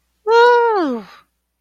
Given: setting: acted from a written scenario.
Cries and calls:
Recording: vocal sound without words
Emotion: triumph

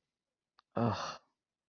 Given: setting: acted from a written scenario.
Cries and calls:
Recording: vocal sound without words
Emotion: disappointment

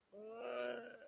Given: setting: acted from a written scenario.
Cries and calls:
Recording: vocal sound without words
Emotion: distress

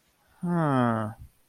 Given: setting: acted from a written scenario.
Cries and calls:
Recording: vocal sound without words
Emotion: confusion

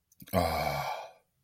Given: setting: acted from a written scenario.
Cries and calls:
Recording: vocal sound without words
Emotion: contentment

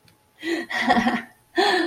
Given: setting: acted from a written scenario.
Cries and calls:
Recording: vocal sound without words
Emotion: elation

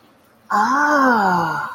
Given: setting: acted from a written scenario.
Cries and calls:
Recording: vocal sound without words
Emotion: awe

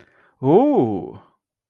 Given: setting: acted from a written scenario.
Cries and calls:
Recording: vocal sound without words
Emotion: interest

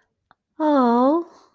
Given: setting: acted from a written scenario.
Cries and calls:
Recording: vocal sound without words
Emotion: sympathy

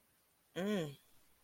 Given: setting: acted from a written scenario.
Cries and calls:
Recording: vocal sound without words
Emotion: desire

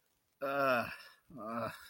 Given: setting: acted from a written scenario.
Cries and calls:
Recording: vocal sound without words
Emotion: guilt

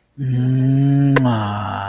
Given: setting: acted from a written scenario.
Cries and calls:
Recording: vocal sound without words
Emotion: romantic love

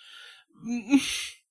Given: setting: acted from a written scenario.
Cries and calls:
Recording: vocal sound without words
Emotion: guilt

